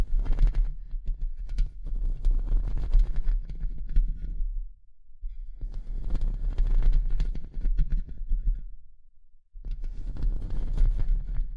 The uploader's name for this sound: Tapping & Scratching